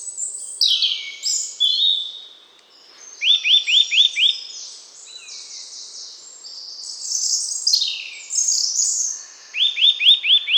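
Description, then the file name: Eurasian nuthatch piping in two short bursts of rising notes amid varied high twittering and chirping. "Sitta europaea"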